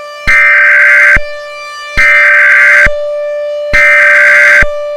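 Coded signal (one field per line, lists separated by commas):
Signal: Emergency Alert System (SAME) tones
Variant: header bursts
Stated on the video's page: Fictional simulated EAS scenario.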